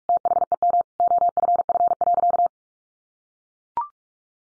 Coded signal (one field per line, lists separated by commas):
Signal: Morse code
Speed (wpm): 44 wpm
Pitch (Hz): 700 Hz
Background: none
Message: THEM OFF.